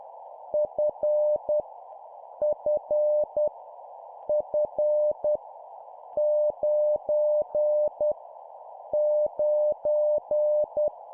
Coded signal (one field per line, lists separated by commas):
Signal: Morse code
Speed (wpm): 10 wpm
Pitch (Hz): 600 Hz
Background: none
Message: F F F 9 9